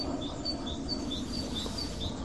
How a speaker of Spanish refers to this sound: Se oyen verderones por ahí, ¿no? Y verdecillos, yo creo. Y aviones. Y aviones también.